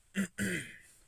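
Two quick, low-pitched throaty bursts: a short rasp, a brief pause, then a longer voiced rumble that fades over about half a second. This is a single throat clearing by an adult man in a quiet room who smokes tobacco and marijuana.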